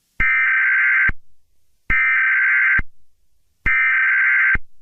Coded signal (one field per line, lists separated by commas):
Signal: Emergency Alert System (SAME) tones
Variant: header bursts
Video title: (APRIL FOOLS SPECIAL) Texas Tornado Warning EAS Alarm (MOCK)